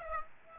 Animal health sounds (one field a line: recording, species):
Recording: mosquito wingbeat signal from an infrared sensor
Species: Aedes aegypti